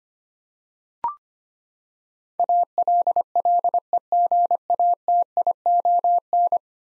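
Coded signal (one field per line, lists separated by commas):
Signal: Morse code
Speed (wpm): 25 wpm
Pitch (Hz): 700 Hz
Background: none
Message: ALLEGATION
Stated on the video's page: Computer-generated Morse head-copy drill of ten-letter words at 25 wpm; each word sent, spoken, then sent again.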